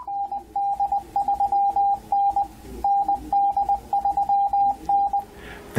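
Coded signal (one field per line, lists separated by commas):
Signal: Morse code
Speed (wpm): 20 wpm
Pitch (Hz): 800 Hz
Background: none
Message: ND3N ND3N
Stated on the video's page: CW sent on an ICOM IC-7760, including recorded CW message playback.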